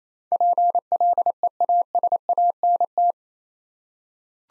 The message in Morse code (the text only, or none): PLEASANT